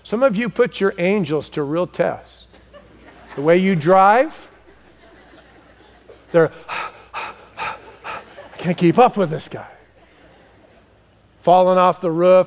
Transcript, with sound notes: Some of you put your angels to real tests. The way you drive, they’re. [huffing and puffing] “I can’t keep up with this guy!” Falling off the roof.